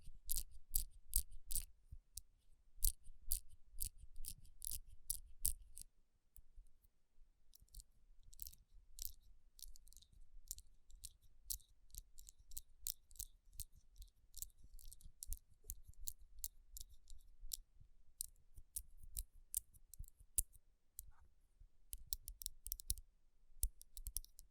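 Tapping and rubbing on rhinestone-covered palms makes dense, crisp clicks and scratchy rustles, busiest at the start and near the end, with sparser stretches between.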